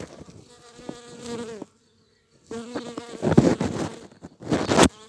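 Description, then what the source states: Bee buzzing in flight, a low droning hum in two bursts separated by a short silence, followed by loud knocks and rustles. Flight sounds of bumblebees and bees in the local area; date code 220507.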